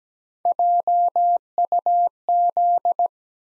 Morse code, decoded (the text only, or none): JUZ